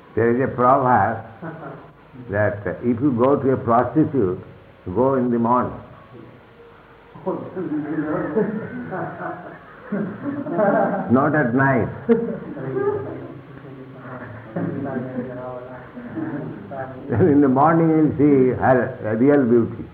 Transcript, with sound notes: There is a proverb that "If you go to a prostitute, go in the morning. [laughter] Not at night." [laughs] In the morning you will see her real beauty.